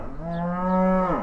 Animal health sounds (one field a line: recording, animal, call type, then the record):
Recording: contact call of a hoofed animal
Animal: cattle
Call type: low-frequency (closed-mouth) or high-frequency (open-mouth) call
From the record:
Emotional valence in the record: negative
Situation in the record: full separation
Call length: 1.22 s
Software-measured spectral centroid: 940 Hz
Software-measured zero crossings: 1030 a second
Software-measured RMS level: -23 dBFS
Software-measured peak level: -10 dBFS